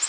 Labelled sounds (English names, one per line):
Nashville Warbler flight call